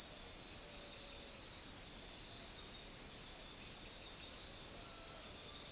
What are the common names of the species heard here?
none